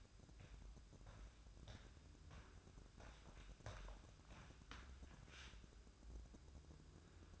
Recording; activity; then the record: daily activity, microphone in the room; walk to room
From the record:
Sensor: 2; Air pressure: 1008.1 hPa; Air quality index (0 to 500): 116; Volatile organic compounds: 1 ppm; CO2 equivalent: 864 ppm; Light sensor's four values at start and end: 8/18/7/7 and 8/18/7/7